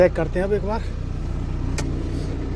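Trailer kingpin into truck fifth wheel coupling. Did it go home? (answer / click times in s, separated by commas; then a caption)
yes / 1.8 s. Someone talks briefly over the low, steady idle of a truck tractor that has been reversed under a trailer. At 1.8 s, a sharp metallic snap is heard as the fifth wheel jaw shuts around the steel trailer kingpin. The coupling is checked and confirmed fully locked.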